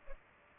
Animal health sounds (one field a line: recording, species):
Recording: mosquito wingbeat signal from an infrared sensor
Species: Culex pipiens